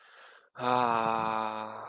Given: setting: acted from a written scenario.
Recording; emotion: vocal sound without words; ecstasy